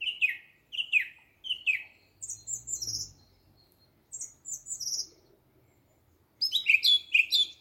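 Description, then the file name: Bird delivering three quick descending whistles, followed by high, sharp twittering phrases in bursts, a pause, then a louder jumbled chattering flourish. "vogel"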